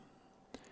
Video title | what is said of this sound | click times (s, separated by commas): Motorola Droid Turbo Battery Replacement | case snaps in pretty easy just go around and make sure that there aren't any gaps left | 0.5 s